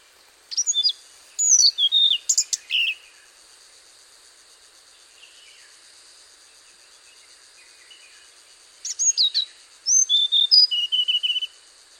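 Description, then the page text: Hainan blue flycatcher song: two bursts of sweet high whistled notes, rising and falling, each ending in lower notes, separated by about six seconds of quiet. "Antero Lindholm - Хайнаньская голубая мухоловка-циорнис (Cyornis hainanus)"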